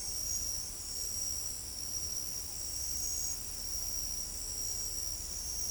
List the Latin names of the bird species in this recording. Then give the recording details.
none. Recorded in pastures near Pivijay, Magdalena, Colombia, on 1 June 2023 at 01:00. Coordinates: 10.456, -74.369. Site P6-G026